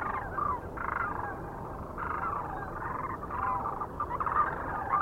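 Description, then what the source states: Sandhill Crane flock with rattling, trumpeting calls coming in short overlapping blocks, a busy chorus of many birds throughout. Recorded near Kearney, Nebraska, on 9 March 2004.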